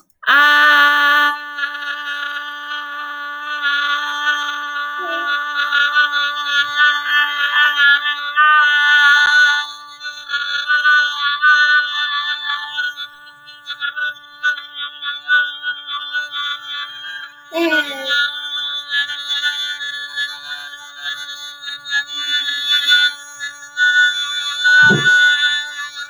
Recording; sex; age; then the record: vowel held as long as possible; female; 30 to 39 years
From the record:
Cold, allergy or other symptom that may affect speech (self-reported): no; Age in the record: 34 years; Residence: Virginia, United States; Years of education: 15